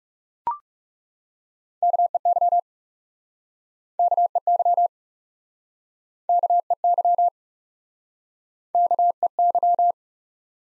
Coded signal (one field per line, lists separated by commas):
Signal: Morse code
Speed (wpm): 37 wpm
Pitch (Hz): 700 Hz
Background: none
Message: KEY KEY KEY KEY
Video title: Top 180 QSO Elements - Speed-Racing - 30wpm